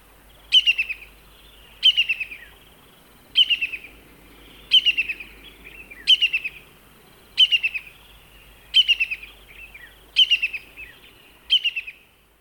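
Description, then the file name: Brown-hooded kingfisher repeating a staccato series of high piping notes, nine short bursts at a steady pace, each tapering off, with quiet background. "Brown-hooded Kingfisher (Halcyon albiventris)"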